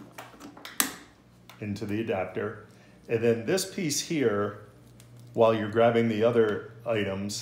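The male end of a light-source cable is pushed into the adapter of a rigid endoscope connected to a Telepack Vet unit. A few light taps are followed by a sharp click at 0.8 s as the cable seats, and then someone talks.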